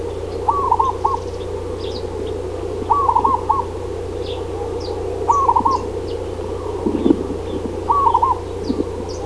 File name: zebra doves